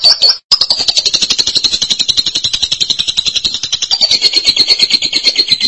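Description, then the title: Lovebird chattering: an unbroken stream of very fast, shrill, high-pitched notes after one brief opening burst. "BM Suara Burung Lovebird"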